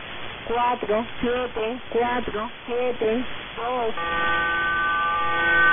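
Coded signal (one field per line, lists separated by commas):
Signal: numbers station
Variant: HM01, Spanish voice and RDFT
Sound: five evenly spaced spoken words, then a steady chord of several parallel data tones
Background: radio static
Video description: Cuban numbers station HM01 hybrid voice and RDFT mode.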